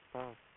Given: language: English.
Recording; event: throat vibration sensor signal played as sound; speech